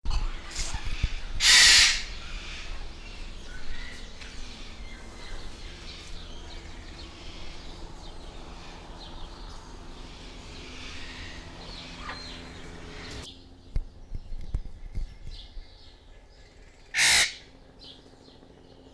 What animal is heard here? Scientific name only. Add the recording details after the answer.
Eclectus roratus. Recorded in captivity. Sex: female. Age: adult. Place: Zoo Berlin, Berlin, DE. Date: 1998-06-20 11:11. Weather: wolkig - heiter, 20°C. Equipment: Sony MD-WM MZ-R3, Sennheiser ME 80, Kopie Uher 4000 Report Monitor. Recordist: Tembrock, Günter. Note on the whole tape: Weibchen (rot): Laute auf Beobachter bezogen mit Varianten des Lautes, Entfernung ca. 1,5 m